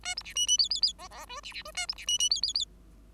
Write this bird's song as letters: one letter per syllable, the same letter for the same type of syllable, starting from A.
A B C D D E E E F F G C C G A B C D D E E E